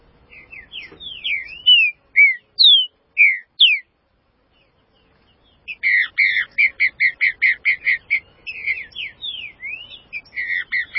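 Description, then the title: Green-winged saltator song: clear whistled slurred notes in short phrases, a pause, then a faster run of repeated notes. "Trinca Ferro"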